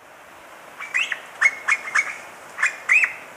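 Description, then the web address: Russet-backed oropendola calls: a run of short, sharp clucking notes, several upslurred, given in small clusters over about two seconds against a faint hiss. Recorded in Ecuador. "Birds of Ecuador. Russet-backed Oropendola"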